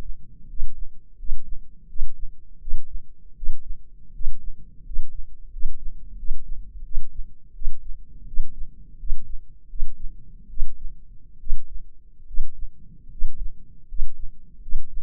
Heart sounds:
heart sounds by microphone in the left ear; 81 bpm
0.47 s: heartbeat
1.17 s: heartbeat
1.88 s: heartbeat
2.59 s: heartbeat
3.35 s: heartbeat
4.13 s: heartbeat
4.84 s: heartbeat
5.51 s: heartbeat
6.17 s: heartbeat
6.83 s: heartbeat
7.54 s: heartbeat
8.26 s: heartbeat
8.98 s: heartbeat
9.68 s: heartbeat
10.49 s: heartbeat
11.39 s: heartbeat
12.26 s: heartbeat
13.10 s: heartbeat
13.87 s: heartbeat
14.61 s: heartbeat
From the record:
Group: healthy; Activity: rest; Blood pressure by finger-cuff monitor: 160/104 mmHg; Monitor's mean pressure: 117 mmHg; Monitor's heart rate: 83 bpm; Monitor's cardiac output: 7.1 L/min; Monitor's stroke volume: 86 mL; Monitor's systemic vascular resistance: 1230 dyn s/cm5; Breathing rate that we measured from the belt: 14 breaths a minute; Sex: male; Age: 23 years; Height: 179 cm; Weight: 87 kg

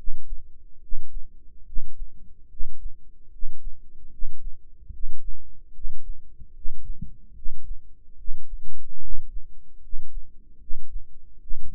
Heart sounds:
heart sounds by microphone in the right ear; 74 bpm
0.80 s: heartbeat
1.64 s: heartbeat
2.48 s: heartbeat
3.30 s: heartbeat
4.10 s: heartbeat
4.91 s: heartbeat
5.72 s: heartbeat
6.53 s: heartbeat
7.33 s: heartbeat
8.16 s: heartbeat
8.99 s: heartbeat
9.80 s: heartbeat
10.58 s: heartbeat
11.39 s: heartbeat
From the record:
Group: healthy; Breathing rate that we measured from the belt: 20 breaths a minute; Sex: male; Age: 35 years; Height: 180 cm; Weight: 86.9 kg

